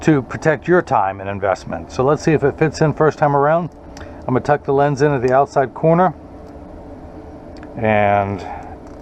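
Someone talks while a freshly cut Crizal Alize prescription lens is handled, about to be tucked into the outside corner of the rim of a tortoise acetate Oliver Peoples 5004 Riley R eyeglass frame. The clip ends before the lens is pushed down to snap into the frame, so nothing has seated or clicked yet.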